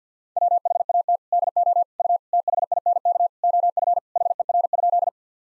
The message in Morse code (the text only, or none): WHAT DO U THINK OF HER?